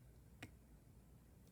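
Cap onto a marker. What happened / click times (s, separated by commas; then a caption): The plastic cap clicked shut / 0.4 s. A plastic cap is pushed onto a marker and clicks shut at 0.4 seconds, a single short, sharp click over a quiet low hum. The marker is closed all the way so it won't dry out.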